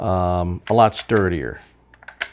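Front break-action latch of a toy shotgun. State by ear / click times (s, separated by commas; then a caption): seated / 2.2 s. Someone talks, then a few faint taps lead into a single sharp click at 2.2 s as the break-action front latch of a plastic toy shotgun is closed. The latch seats positively, but the click is weak and it should be harder and sturdier.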